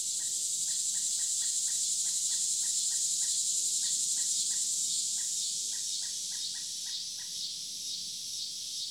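Pileated woodpecker call: quick repeated wuk notes in several bursts with short gaps, stopping near the end, over a steady shrill insect chorus.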